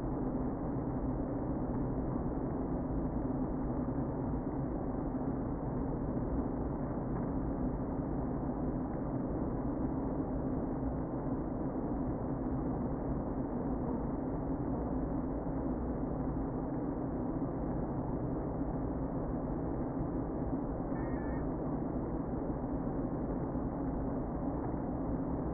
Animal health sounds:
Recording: honeybee colony, microphone inside the hive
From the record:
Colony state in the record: queen present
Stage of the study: before two queens were removed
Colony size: about 60,000 bees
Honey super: yes

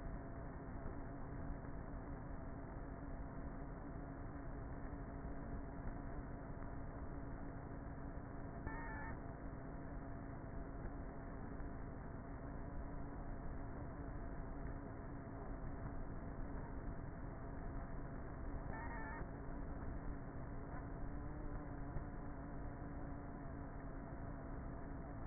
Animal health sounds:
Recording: honeybee colony, microphone inside the hive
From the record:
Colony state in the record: queenless with a low population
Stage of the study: before two queens were removed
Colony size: about 30,000 bees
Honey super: no

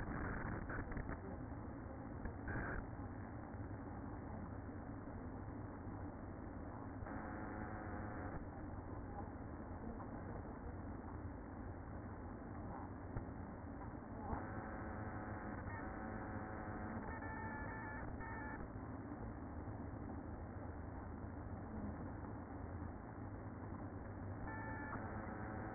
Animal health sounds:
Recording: honeybee colony, microphone inside the hive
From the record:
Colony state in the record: queen present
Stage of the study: after two queens were removed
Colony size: about 60,000 bees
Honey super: yes

